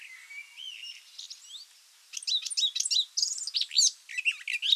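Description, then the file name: Eurasian blackcap song: soft thin whistles at first, then a loud, rich burst of quick varied warbling notes for the last half. "Sylvia atricapilla"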